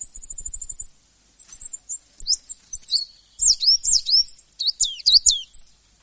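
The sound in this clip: Coal tit giving a rapid, thin, high trill, then scattered sharp, high, sliding notes and short twittering phrases.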